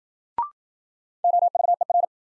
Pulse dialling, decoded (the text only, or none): none